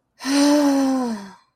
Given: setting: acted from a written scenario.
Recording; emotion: vocal sound without words; anger